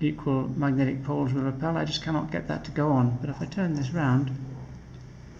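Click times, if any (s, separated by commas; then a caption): none. A magnetic charging connector is held against bone conduction headphones while someone talks, and the repelling magnet keeps it from going on. It is turned round to try again, but nothing has seated or clicked yet.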